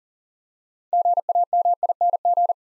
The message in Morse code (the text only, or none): GAMING